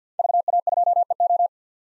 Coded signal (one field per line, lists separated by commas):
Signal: Morse code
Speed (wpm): 50 wpm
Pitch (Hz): 700 Hz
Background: none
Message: VA2EO